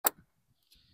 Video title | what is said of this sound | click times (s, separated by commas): Part 2- You can add your own Ford Bronco Tow Package and save over $400! | make sure you hear the click | 0.1 s